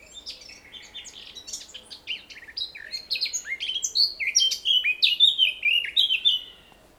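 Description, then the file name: Eurasian blackcap song: a fast, scratchy warble of varied chirps that builds into a louder run of clear, fluty whistled phrases near the end. "Sylvia atricapilla"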